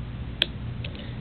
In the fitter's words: that click sound is the double lock activating